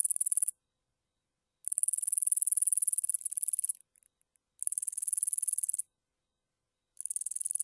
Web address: Crickets and Katydids Roundwinged Katydid, Amblycorypha rotundifolia